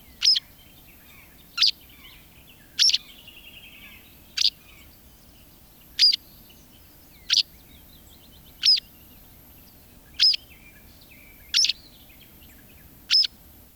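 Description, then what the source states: White Wagtail calls: a long run of about ten sharp, high chirps, with brief soft twittering after the early notes. Field recording from Finland by Ilkka Heiskanen, released on cassette in 1987.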